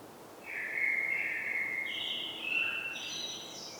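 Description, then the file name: Common blackbird song: a fluty opening that steps upward into higher notes and finishes with a brief, thin, squeaky flourish. "Turdus merula"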